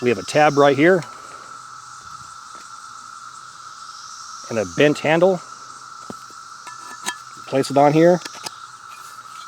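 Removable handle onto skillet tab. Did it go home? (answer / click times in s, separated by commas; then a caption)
no / none. A detachable bent metal handle is held and lined up with the tab on a skillet, a removable handle that lets the pan double as a plate or bowl, before it is placed on. Someone talks in three short bursts over a steady high insect chirring. The handle has not seated or locked yet, and no click is heard.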